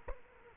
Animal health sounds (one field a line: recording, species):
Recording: mosquito wingbeat signal from an infrared sensor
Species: Culex quinquefasciatus